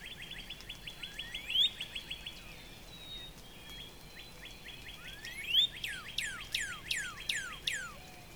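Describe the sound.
Northern Cardinal song: rising slurred whistles, then a series of loud, sweeping downslurred notes, with another bird's fast trill in the background.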